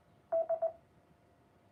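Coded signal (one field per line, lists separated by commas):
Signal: none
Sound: repeater courtesy tone beeps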